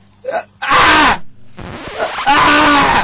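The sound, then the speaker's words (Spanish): A man's voice imitates how porn actor Rocco Siffredi screams during sex: a short gasping moan, then two long, loud, strained wailing cries separated by a brief breathy pause. “Rocco grita más o menos de esta manera.”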